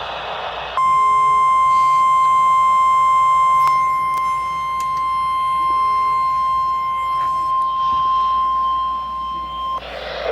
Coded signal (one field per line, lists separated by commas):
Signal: Emergency Alert System (SAME) tones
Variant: 1050 Hz attention tone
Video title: Welcome to Vegas! (EAS alerts from July 25-28, 2022, EAS 1,005-1,023)